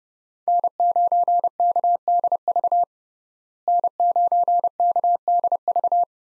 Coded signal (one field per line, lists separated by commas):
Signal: Morse code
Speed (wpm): 30 wpm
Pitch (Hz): 700 Hz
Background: none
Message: N9KDV N9KDV